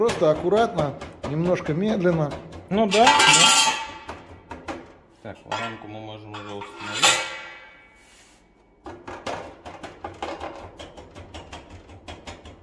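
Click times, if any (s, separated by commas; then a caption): none. A Stal-Master "Dmitrievsky Zaslon" steel heat-shield panel is handled and fitted onto a sauna/home stove body while someone talks, with metallic clinks and knocks as it is positioned. Its metal clip has not seated or clicked into place yet.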